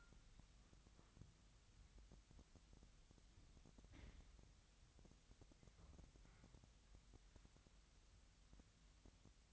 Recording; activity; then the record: daily activity, microphone in the room; wipe stove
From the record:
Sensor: 3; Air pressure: 1003.2 hPa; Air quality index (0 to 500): 198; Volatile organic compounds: 6 ppm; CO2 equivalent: 1932 ppm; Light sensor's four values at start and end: 9/22/9/10 and 9/23/9/10